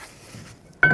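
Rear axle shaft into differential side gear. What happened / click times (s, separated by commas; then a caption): The axle shaft dropped into place / 0.8 s. A rear axle shaft on a 2007 Chevy Silverado Classic is twisted up and down while being pushed into the differential side gear splines, with faint scraping and rubbing before a sharp, ringing metallic clunk at 0.8 s. The shaft seats in place in the side gear.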